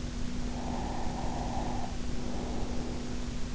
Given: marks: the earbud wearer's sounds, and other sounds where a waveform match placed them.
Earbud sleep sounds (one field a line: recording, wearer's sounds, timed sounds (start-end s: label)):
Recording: sounds in sleep by an in-ear microphone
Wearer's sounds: breath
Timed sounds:
0.26-3.18 s: breath